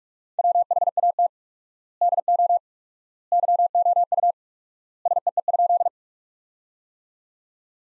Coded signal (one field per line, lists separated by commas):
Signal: Morse code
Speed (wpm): 46 wpm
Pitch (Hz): 700 Hz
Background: none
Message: WHAT DO YOU SEE?